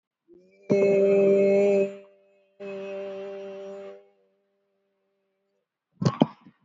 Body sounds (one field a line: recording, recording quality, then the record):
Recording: sustained vowel as in made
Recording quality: excellent, no background noise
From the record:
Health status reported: respiratory illness, not identified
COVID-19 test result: not tested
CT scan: not taken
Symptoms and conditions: fever, fatigue, muscle pain, asthma, diabetes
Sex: female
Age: 70 years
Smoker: no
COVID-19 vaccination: none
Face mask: worn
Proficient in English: no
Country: India